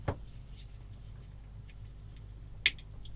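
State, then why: Seated. A plastic part of a Tamiya 1/35 scale Matilda Mk III/IV tank model kit (kit number 35300) is pressed into its snug-fitting location on the hull assembly. A faint tap sounds near the start, then a sharp, bright click at 2.7 s as the part seats into place, followed by a few soft ticks over quiet background hum.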